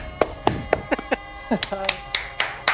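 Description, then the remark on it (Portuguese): A few people clap their hands out of sync, producing a dozen or so sharp, uneven claps in a loose, irregular rhythm that never settles into a steady beat. “Acho que ela merecia uma salva de palmas.”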